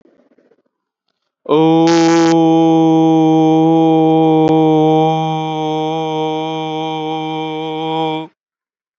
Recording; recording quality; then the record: sustained vowel as in boot; excellent, no background noise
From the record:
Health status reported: exposed to COVID-19, no respiratory illness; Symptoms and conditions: none ticked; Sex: male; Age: 21 years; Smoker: not ticked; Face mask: not worn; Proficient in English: yes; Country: India